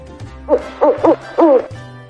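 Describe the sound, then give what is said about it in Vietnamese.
A bird, being stroked, gives four short, soft cooing hoots in an uneven rhythm, each a low, wavering warble, the last one slightly longer, over a faint low background hum. “Cửu Phong bị sờ soạn trong chốc lát, đột nhiên phát ra tiếng ục ục đầy tủi thân.”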